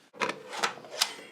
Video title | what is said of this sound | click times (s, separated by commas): Battery health check - Estarli e28.X & e28.9 | And when we put the battery in, we should hear a nice click. | 1.0 s